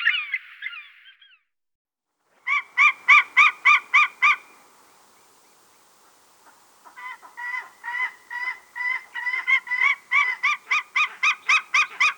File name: white tailed eagle